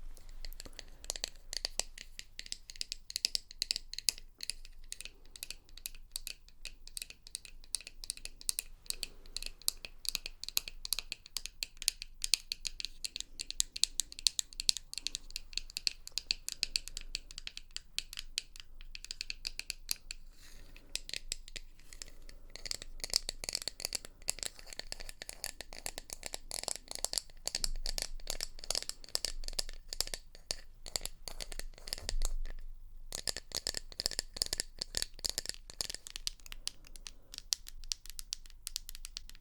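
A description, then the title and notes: Rapid, dense tapping with crisp bright clicks continues steadily throughout, with a brief pause near thirty-two seconds and faint crinkling underneath. Tapping.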